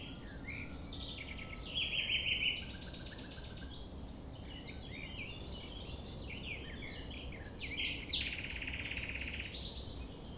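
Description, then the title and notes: Common nightingale singing loud, fast buzzy rattling trills twice, between varied chirps and twitters from many other birds, with a constant low background hum. Recorded at 6 a.m. at sunrise near the Thève river at Champ de Ménage; the nightingale sings amid other sounds rather than waiting for silence. "6 A.M. Lever du soleil non loin de la Thève au Champ de Ménage. Le rossignol n'attend pas le silence."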